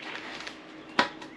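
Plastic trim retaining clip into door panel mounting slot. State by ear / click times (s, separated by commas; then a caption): seated / 1.0 s. A plastic trim retaining clip is slid into its mounting slot on an LRB Speed aluminum door panel for a Miata NB and pressed home. After faint handling scuffs around 0.1 and 0.5 seconds, a single sharp snap at 1.0 seconds marks the clip seating into place.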